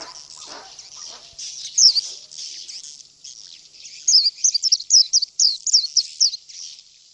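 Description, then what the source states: White-eye song: a high, hissy twitter that builds into a lively string of sharp, sweeping notes, with a few faint low sounds early on. Audio therapy for caged white-eyes.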